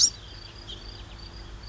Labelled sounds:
House Finch (Haemorhous mexicanus)
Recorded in Sonoma County, California

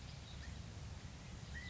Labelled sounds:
California Quail (Callipepla californica)
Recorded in Sonoma County, California

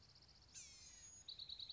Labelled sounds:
Blue-gray Gnatcatcher (Polioptila caerulea)
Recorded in Sonoma County, California

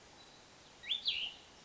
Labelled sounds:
Cassin's Vireo (Vireo cassinii)
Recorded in Sonoma County, California

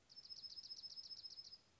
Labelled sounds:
Dark-eyed Junco (Junco hyemalis)
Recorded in Sonoma County, California

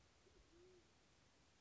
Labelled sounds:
Band-tailed Pigeon (Patagioenas fasciata)
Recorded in Sonoma County, California

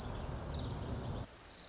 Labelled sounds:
Orange-crowned Warbler (Leiothlypis celata)
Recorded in Sonoma County, California

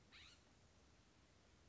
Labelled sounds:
California Scrub-Jay (Aphelocoma californica)
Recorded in Sonoma County, California

